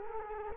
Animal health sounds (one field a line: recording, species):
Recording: mosquito wingbeat signal from an infrared sensor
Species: Culex quinquefasciatus